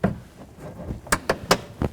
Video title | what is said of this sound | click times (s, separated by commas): How to Replace Door Latch 2009-2018 RAM 1500 | And it's all clicked into place. | 1.1 s, 1.3 s, 1.5 s